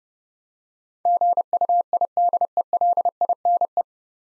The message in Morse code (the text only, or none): GUIDELINE